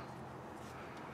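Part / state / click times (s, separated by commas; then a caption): throttle cable linkage into throttle body lever / not seated / none. The throttle cable linkage end is fitted into its slot on the throttle body lever of a 2000-2008 Ford Focus and pulled up while the throttle spring is held in place, during a throttle body housing service. Only a steady, even broadband hiss is heard, with no sharp hits. Nothing has seated or clicked yet.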